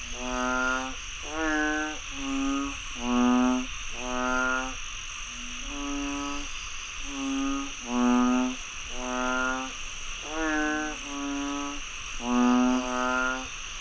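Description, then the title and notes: Frog chorus of short nasal croaks, each under a second, repeated in a loose rhythm by several frogs over a constant high insect drone. Frogs croaking after heavy rainfall in Chiang Mai, Thailand. "Frogs croaking after heavy rainfall in Chiang Mai, Thailand. Alex Boyesen"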